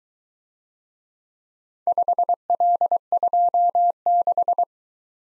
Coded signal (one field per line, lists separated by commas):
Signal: Morse code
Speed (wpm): 23 wpm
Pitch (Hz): 700 Hz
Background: none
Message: 5L26